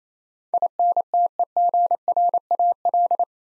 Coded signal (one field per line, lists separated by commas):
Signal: Morse code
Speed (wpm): 29 wpm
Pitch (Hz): 700 Hz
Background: none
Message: INTEGRAL